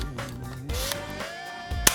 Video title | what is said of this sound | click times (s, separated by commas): IS2 : Déballage DJI Inspire 2 et Caméra X5s | clac donc là les deux accus sont mis maintenant on va le sortir de son mode de transport | 1.9 s